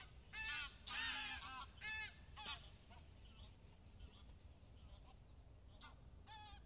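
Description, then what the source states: Goose: geese honking loudly in quick overlapping bursts early on, then quieter scattered honks, over a low continuous rumble. Recorded at Bonaly Country Park.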